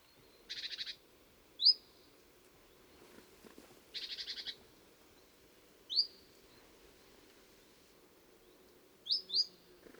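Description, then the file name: Great tit making sliding high notes and short buzzy bursts, repeated irregularly over a quiet background with faint rustling. "Parus major"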